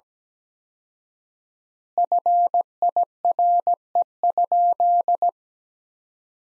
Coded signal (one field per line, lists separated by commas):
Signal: Morse code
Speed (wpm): 17 wpm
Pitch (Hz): 700 Hz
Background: none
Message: FIRE?